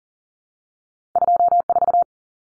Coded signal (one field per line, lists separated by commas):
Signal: Morse code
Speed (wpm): 40 wpm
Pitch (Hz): 700 Hz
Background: none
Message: 24